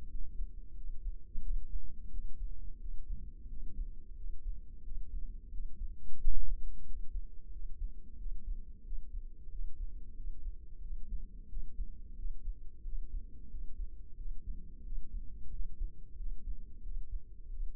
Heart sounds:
heart sounds by microphone in the left ear; 90 bpm
0.11 s: heartbeat
0.77 s: heartbeat
1.44 s: heartbeat
2.12 s: heartbeat
2.81 s: heartbeat
3.50 s: heartbeat
4.17 s: heartbeat
4.85 s: heartbeat
5.53 s: heartbeat
6.20 s: heartbeat
6.87 s: heartbeat
7.53 s: heartbeat
8.19 s: heartbeat
8.86 s: heartbeat
9.52 s: heartbeat
10.17 s: heartbeat
10.83 s: heartbeat
11.50 s: heartbeat
12.18 s: heartbeat
12.85 s: heartbeat
13.52 s: heartbeat
14.19 s: heartbeat
14.85 s: heartbeat
15.53 s: heartbeat
16.19 s: heartbeat
16.84 s: heartbeat
17.51 s: heartbeat
From the record:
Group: healthy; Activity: rest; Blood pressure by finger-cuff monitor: 141/88 mmHg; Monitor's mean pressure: 106 mmHg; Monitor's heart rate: 90 bpm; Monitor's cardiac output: 7.3 L/min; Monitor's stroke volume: 81 mL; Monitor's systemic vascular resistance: 1090 dyn s/cm5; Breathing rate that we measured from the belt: 18 breaths a minute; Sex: male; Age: 21 years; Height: 175 cm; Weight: 72.6 kg

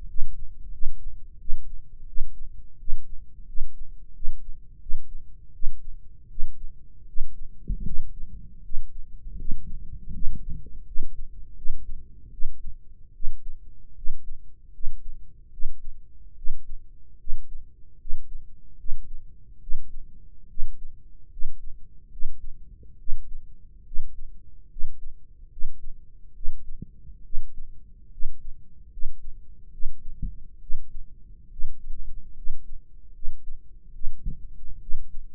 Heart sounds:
heart sounds by microphone in the right ear; 76 bpm
0.07 s: heartbeat
0.71 s: heartbeat
1.38 s: heartbeat
2.06 s: heartbeat
2.77 s: heartbeat
3.45 s: heartbeat
4.13 s: heartbeat
4.79 s: heartbeat
5.52 s: heartbeat
6.28 s: heartbeat
7.06 s: heartbeat
7.84 s: heartbeat
8.62 s: heartbeat
9.36 s: heartbeat
10.12 s: heartbeat
10.84 s: heartbeat
11.54 s: heartbeat
12.30 s: heartbeat
13.12 s: heartbeat
13.94 s: heartbeat
14.71 s: heartbeat
15.50 s: heartbeat
16.35 s: heartbeat
17.17 s: heartbeat
17.98 s: heartbeat
18.77 s: heartbeat
19.59 s: heartbeat
20.47 s: heartbeat
21.29 s: heartbeat
22.10 s: heartbeat
22.97 s: heartbeat
23.84 s: heartbeat
24.68 s: heartbeat
25.49 s: heartbeat
26.33 s: heartbeat
27.22 s: heartbeat
28.10 s: heartbeat
28.90 s: heartbeat
29.70 s: heartbeat
30.59 s: heartbeat
31.49 s: heartbeat
32.34 s: heartbeat
33.12 s: heartbeat
33.92 s: heartbeat
34.79 s: heartbeat
From the record:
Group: healthy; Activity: rest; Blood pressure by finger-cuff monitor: 136/88 mmHg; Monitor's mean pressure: 102 mmHg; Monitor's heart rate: 74 bpm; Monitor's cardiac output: 5.8 L/min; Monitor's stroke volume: 78 mL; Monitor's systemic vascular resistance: 1330 dyn s/cm5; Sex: male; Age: 21 years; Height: 180 cm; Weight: 67.5 kg

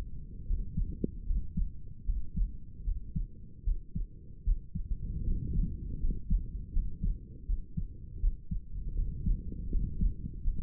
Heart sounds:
heart sounds by stethoscope; 78 bpm
0.46 s: heartbeat
1.26 s: heartbeat
2.05 s: heartbeat
2.84 s: heartbeat
3.64 s: heartbeat
4.44 s: heartbeat
5.24 s: heartbeat
5.99 s: heartbeat
6.72 s: heartbeat
7.46 s: heartbeat
8.20 s: heartbeat
8.95 s: heartbeat
9.70 s: heartbeat
10.43 s: heartbeat
From the record:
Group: healthy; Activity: rest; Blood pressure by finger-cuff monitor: 103/67 mmHg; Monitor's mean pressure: 75 mmHg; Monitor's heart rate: 76 bpm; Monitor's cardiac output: 6.2 L/min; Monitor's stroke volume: 81 mL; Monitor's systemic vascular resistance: 870 dyn s/cm5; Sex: male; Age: 35 years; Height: 180 cm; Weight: 86.9 kg

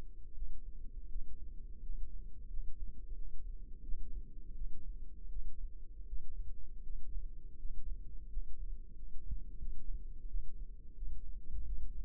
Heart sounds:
heart sounds by microphone in the left ear; 85 bpm
0.32 s: heartbeat
1.06 s: heartbeat
1.79 s: heartbeat
2.46 s: heartbeat
3.12 s: heartbeat
3.80 s: heartbeat
4.52 s: heartbeat
5.27 s: heartbeat
6.04 s: heartbeat
6.81 s: heartbeat
7.55 s: heartbeat
8.27 s: heartbeat
8.92 s: heartbeat
9.58 s: heartbeat
10.25 s: heartbeat
10.93 s: heartbeat
11.63 s: heartbeat
From the record:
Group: healthy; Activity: rest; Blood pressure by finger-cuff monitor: 102/59 mmHg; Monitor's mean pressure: 74 mmHg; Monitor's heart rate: 88 bpm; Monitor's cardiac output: 6.9 L/min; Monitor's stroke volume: 81 mL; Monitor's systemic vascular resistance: 780 dyn s/cm5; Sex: female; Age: 26 years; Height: 165 cm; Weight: 55 kg

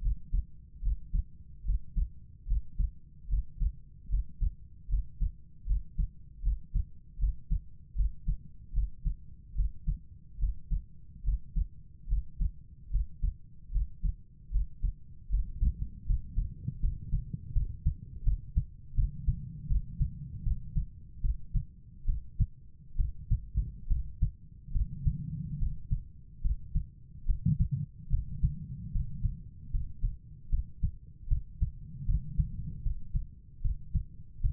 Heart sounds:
heart sounds by stethoscope; 75 bpm
0.01 s: heartbeat
0.81 s: heartbeat
1.64 s: heartbeat
2.46 s: heartbeat
3.28 s: heartbeat
4.08 s: heartbeat
4.88 s: heartbeat
5.65 s: heartbeat
6.41 s: heartbeat
7.18 s: heartbeat
7.94 s: heartbeat
8.72 s: heartbeat
9.54 s: heartbeat
10.38 s: heartbeat
11.23 s: heartbeat
12.07 s: heartbeat
12.89 s: heartbeat
13.71 s: heartbeat
14.50 s: heartbeat
15.28 s: heartbeat
16.05 s: heartbeat
16.80 s: heartbeat
17.52 s: heartbeat
18.23 s: heartbeat
18.94 s: heartbeat
19.67 s: heartbeat
20.43 s: heartbeat
21.20 s: heartbeat
22.05 s: heartbeat
22.96 s: heartbeat
23.87 s: heartbeat
24.71 s: heartbeat
25.58 s: heartbeat
26.41 s: heartbeat
27.25 s: heartbeat
28.09 s: heartbeat
28.91 s: heartbeat
29.70 s: heartbeat
30.49 s: heartbeat
31.28 s: heartbeat
32.05 s: heartbeat
32.82 s: heartbeat
33.61 s: heartbeat
34.41 s: heartbeat
From the record:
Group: healthy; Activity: Valsalva maneuver 0-16 s, rest 16-35 s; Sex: female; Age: 32 years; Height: 172 cm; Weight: 71.7 kg

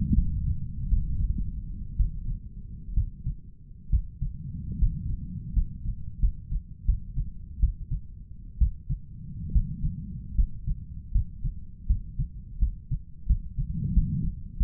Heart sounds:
heart sounds by stethoscope; 75 bpm
0.13 s: heartbeat
0.88 s: heartbeat
1.97 s: heartbeat
2.94 s: heartbeat
3.90 s: heartbeat
4.79 s: heartbeat
5.53 s: heartbeat
6.20 s: heartbeat
6.85 s: heartbeat
7.60 s: heartbeat
8.58 s: heartbeat
9.52 s: heartbeat
10.35 s: heartbeat
11.12 s: heartbeat
11.87 s: heartbeat
12.59 s: heartbeat
13.27 s: heartbeat
13.94 s: heartbeat
14.57 s: heartbeat
From the record:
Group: healthy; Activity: rest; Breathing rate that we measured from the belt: 12 breaths a minute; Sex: male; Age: 23 years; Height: 179 cm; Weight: 87 kg

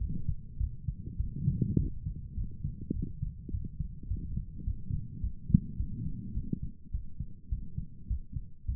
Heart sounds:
heart sounds by stethoscope; 104 bpm
0.57 s: heartbeat
1.16 s: heartbeat
1.75 s: heartbeat
2.34 s: heartbeat
2.92 s: heartbeat
3.50 s: heartbeat
4.07 s: heartbeat
4.63 s: heartbeat
5.20 s: heartbeat
5.76 s: heartbeat
6.33 s: heartbeat
6.90 s: heartbeat
7.48 s: heartbeat
8.06 s: heartbeat
8.65 s: heartbeat
From the record:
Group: healthy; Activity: rest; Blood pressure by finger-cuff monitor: 102/64 mmHg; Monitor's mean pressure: 75 mmHg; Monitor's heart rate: 104 bpm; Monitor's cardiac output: 8.3 L/min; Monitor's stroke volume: 81 mL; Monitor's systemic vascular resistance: 640 dyn s/cm5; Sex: male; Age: 19 years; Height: 178 cm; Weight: 83 kg

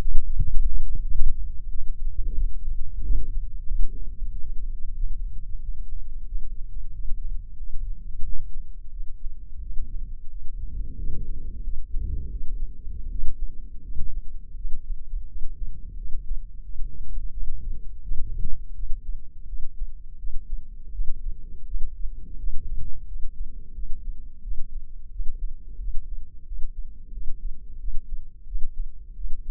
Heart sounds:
heart sounds by microphone in the left ear; 88 bpm
0.38 s: heartbeat
1.03 s: heartbeat
1.69 s: heartbeat
2.36 s: heartbeat
3.02 s: heartbeat
3.67 s: heartbeat
4.30 s: heartbeat
4.94 s: heartbeat
5.59 s: heartbeat
6.26 s: heartbeat
6.92 s: heartbeat
7.57 s: heartbeat
8.23 s: heartbeat
8.91 s: heartbeat
9.61 s: heartbeat
10.29 s: heartbeat
10.97 s: heartbeat
11.63 s: heartbeat
12.30 s: heartbeat
13.09 s: heartbeat
13.83 s: heartbeat
14.56 s: heartbeat
15.26 s: heartbeat
15.96 s: heartbeat
16.63 s: heartbeat
17.31 s: heartbeat
18.02 s: heartbeat
18.74 s: heartbeat
19.47 s: heartbeat
20.18 s: heartbeat
20.92 s: heartbeat
21.65 s: heartbeat
22.38 s: heartbeat
23.07 s: heartbeat
23.74 s: heartbeat
24.42 s: heartbeat
25.10 s: heartbeat
25.79 s: heartbeat
26.46 s: heartbeat
27.12 s: heartbeat
27.79 s: heartbeat
28.46 s: heartbeat
29.15 s: heartbeat
From the record:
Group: healthy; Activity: light exercise 0-3 s, rest 3-30 s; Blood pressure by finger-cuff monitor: 170/83 mmHg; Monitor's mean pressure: 103 mmHg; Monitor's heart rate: 88 bpm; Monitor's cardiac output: 9.2 L/min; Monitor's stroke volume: 105 mL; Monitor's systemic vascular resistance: 850 dyn s/cm5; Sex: male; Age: 57 years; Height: 188 cm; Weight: 106 kg

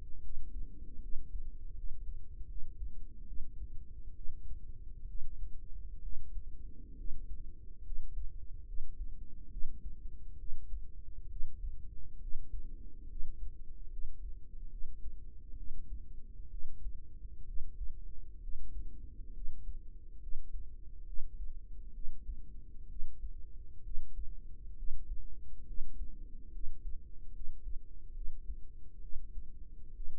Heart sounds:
heart sounds by microphone in the right ear; 69 bpm
0.20 s: heartbeat
0.99 s: heartbeat
1.73 s: heartbeat
2.45 s: heartbeat
3.24 s: heartbeat
4.12 s: heartbeat
5.05 s: heartbeat
5.99 s: heartbeat
6.94 s: heartbeat
7.81 s: heartbeat
8.63 s: heartbeat
9.48 s: heartbeat
10.35 s: heartbeat
11.27 s: heartbeat
12.18 s: heartbeat
13.06 s: heartbeat
13.88 s: heartbeat
14.68 s: heartbeat
15.54 s: heartbeat
16.48 s: heartbeat
17.43 s: heartbeat
18.38 s: heartbeat
19.31 s: heartbeat
20.18 s: heartbeat
21.03 s: heartbeat
21.91 s: heartbeat
22.86 s: heartbeat
23.81 s: heartbeat
24.74 s: heartbeat
25.63 s: heartbeat
26.50 s: heartbeat
27.30 s: heartbeat
28.12 s: heartbeat
28.99 s: heartbeat
29.92 s: heartbeat
From the record:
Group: healthy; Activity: rest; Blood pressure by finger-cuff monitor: 118/63 mmHg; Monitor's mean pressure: 78 mmHg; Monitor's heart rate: 68 bpm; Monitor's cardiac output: 5.6 L/min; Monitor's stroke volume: 83 mL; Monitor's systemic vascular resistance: 990 dyn s/cm5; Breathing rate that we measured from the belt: 10 breaths a minute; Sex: female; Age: 32 years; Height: 168 cm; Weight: 61.9 kg

